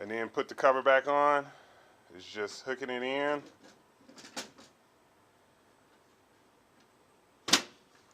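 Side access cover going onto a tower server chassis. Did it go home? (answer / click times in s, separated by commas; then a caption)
yes / 7.5 s. Someone talks as the metal side access cover of a T310 tower server is hooked into the chassis and pushed closed. After a short pause, a single sharp click at 7.5 s marks the cover snapping into place without fuss.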